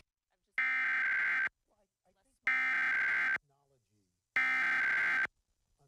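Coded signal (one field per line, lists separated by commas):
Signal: Emergency Alert System (SAME) tones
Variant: header bursts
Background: speech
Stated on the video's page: Required monthly test on an NBC affiliate TV station, originating from the state PBS network.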